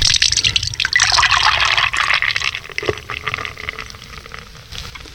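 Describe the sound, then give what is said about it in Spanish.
Water pours steadily into a glass, a bright, bubbly splashing that is loudest at the start and gradually softens as the glass fills, with a faint clink partway through. “Le sirvo agua.”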